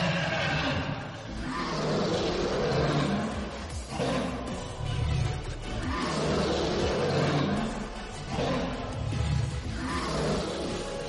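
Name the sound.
dragon roar sound effect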